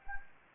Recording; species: mosquito wingbeat signal from an infrared sensor; Anopheles gambiae